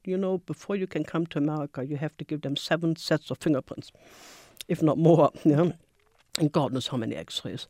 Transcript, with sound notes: You know, before you can come to America you have to give them seven sets of fingerprints, [sniffs] if not more, you know, and God knows how many x-rays.